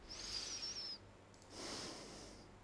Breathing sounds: one breath in and out by a microphone near the nose and mouth; deep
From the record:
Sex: male

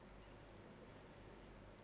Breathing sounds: one breath in and out by a microphone near the nose and mouth; normal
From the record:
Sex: female

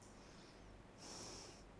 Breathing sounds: one breath in and out by a microphone near the nose and mouth; normal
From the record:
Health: marked as sick, illness not named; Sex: female

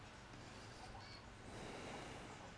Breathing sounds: one breath in and out by a microphone near the nose and mouth; deep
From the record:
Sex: male

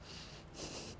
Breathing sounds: one breath in and out by a microphone near the nose and mouth; strong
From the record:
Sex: male

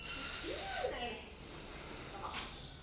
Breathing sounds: one breath in and out by a microphone near the nose and mouth; deep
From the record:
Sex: male

